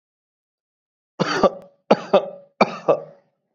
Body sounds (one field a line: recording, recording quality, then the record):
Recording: shallow voluntary cough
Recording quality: excellent, no background noise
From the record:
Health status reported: COVID-19 positive, mild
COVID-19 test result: positive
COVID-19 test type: RT-PCR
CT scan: not taken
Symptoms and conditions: cold, sore throat, fever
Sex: male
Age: 24 years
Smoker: no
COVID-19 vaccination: both doses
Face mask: not worn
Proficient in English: no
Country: India